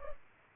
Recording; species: mosquito wingbeat signal from an infrared sensor; Culex pipiens